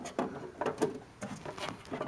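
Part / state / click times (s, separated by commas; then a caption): part being fitted into a truck door / not seated / none. A part is worked around the window rail and lined up inside the door of an 88–98 Chevy 1500 during a sagging-door fix, before being pushed in. Soft scrapes and light knocks of handling sound throughout, with sharper bumps at 0.2, 0.6 and 0.8 seconds. Nothing has clicked or seated yet.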